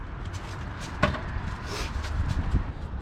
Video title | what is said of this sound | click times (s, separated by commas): Jeep Wrangler REPAIR - Windshield Wipers | pop this on make sure it's on secure hear the click | 1.0 s